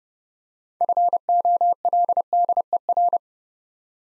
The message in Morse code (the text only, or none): FOLDER